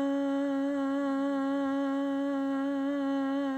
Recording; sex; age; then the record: sustained vowel /a/; female; 20 to 29 years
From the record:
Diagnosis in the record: healthy control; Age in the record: 27 years